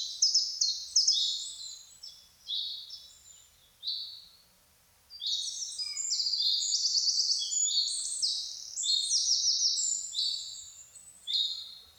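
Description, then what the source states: Birds singing: bursts of high, bright chirping notes in quick sweeping phrases, a short pause, then a denser run of overlapping chirps. Birds singing in a forest in the morning.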